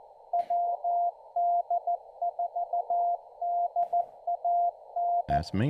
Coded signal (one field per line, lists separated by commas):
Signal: Morse code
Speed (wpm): 16 wpm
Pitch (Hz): 700 Hz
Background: speech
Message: WD4DAN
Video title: Lets Hunt Some POTA!